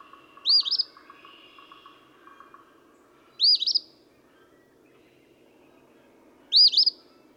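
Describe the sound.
Eastern phoebe song: three raspy two-part 'fee-bee' phrases, roughly every three seconds, with faint twittering of another bird early.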